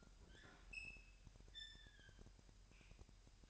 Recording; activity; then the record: daily activity, microphone in the room; open fridge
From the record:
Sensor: 2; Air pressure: 1001.8 hPa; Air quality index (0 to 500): 248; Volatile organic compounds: 38 ppm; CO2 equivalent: 3114 ppm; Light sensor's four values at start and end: 8/28/11/10 and 8/28/11/10